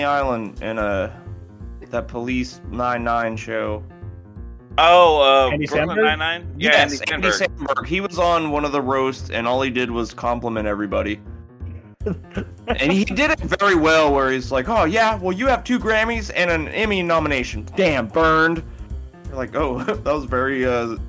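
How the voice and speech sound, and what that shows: Casual conversation among adult men in a small room, with quick back-and-forth exchanges, laughter-ready phrasing and brief pauses. Speech is fluent and clearly articulated at a normal rate, with ordinary voice quality and no stuttering, slurring or hoarseness.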